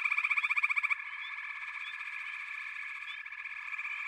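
Frog chorus opening with a fast, loud pulsed trill that stops abruptly after a second, leaving a steady hum of many frogs and occasional chirps.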